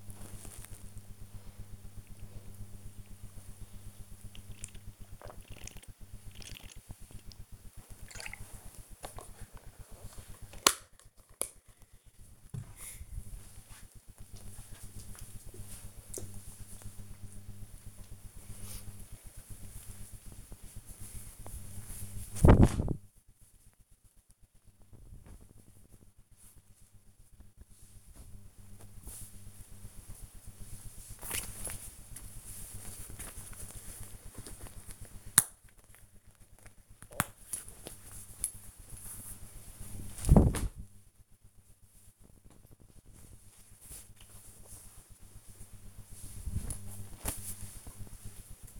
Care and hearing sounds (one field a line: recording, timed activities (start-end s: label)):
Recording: household activities, microphone on the right wrist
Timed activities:
0.00-9.44 s: drinking
17.50-29.54 s: folding laundry
33.58-47.69 s: folding laundry